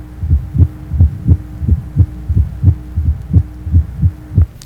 Age 52, left ventricular failure, presystolic triple rhythm or gallop, mitral area.